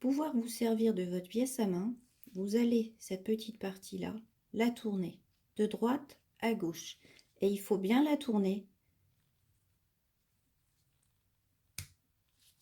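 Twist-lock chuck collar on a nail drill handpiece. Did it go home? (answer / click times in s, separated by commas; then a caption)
released / 11.8 s. Someone talks for about the first 8.7 seconds, then the twist-lock chuck collar on a nail drill handpiece, turned from right to left, gives a small sharp click at 11.8 s. The click opens the chuck so the bit is released and comes out by itself.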